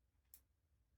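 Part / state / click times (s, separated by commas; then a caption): mechanism part into an airsoft gearbox / seated / 0.3 s. A mechanism part near the anti-reversal latch of a Delta Armory Stribog SP10A3 airsoft rifle is moved into place in the gearbox. One clear, short, sharp click at 0.3 s stands out against a low, quiet background hum. The click shows the part is seated in position.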